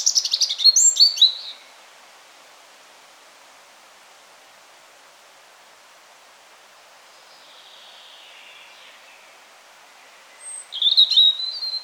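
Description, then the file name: European robin song: a bright burst of high warbling notes, a long hushed stretch with a faint phrase, then another sparkling phrase near the end; light background hiss. "Erithacus rubecula"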